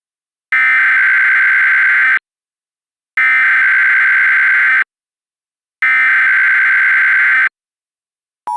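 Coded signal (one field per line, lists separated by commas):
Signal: Emergency Alert System (SAME) tones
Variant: header bursts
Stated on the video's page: Mock, simulated Blue Alert over NOAA Weather Radio, not a real broadcast.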